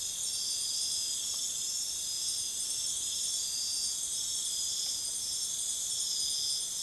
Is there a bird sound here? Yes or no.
no